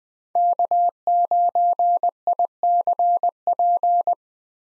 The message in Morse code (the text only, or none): K9ICP